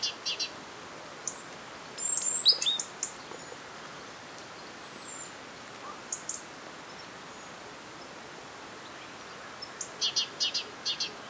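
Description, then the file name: Great tit calls: a few brief clusters of high, thin chipping notes, the loudest after two seconds and another near the end, with scattered faint ticks between. "Parus major"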